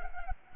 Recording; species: mosquito wingbeat signal from an infrared sensor; Culex pipiens